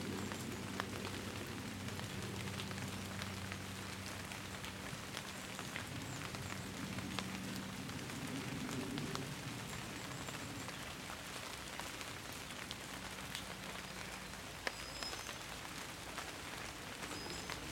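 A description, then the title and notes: Gentle rain patters on the leaves of beech and hazel trees, a dense, steady hiss scattered with crisp individual drops. A low, even hum runs underneath for most of the clip, fading out around fourteen seconds, while the soft patter continues unchanged. The calming patter of rain on autumn leaves. Listen to the calming sound of a gentle rain on the leaves of beech and hazel trees while you shelter in a green lane in the Cotswolds. Recorded by Fergus Collins, introduced by Hannah Tribe.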